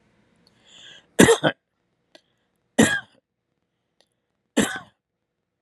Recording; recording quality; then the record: shallow voluntary cough; excellent, no background noise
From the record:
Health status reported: respiratory illness, not identified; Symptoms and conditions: asthma, hypertension, diabetes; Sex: male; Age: 59 years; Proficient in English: yes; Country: United States